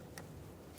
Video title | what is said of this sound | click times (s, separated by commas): How to Replace Mass Airflow Sensor 2007-2011 Toyota Camry | install the connector push and see hear a click | 0.2 s